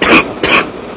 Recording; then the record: coughing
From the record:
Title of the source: 31 night wet cough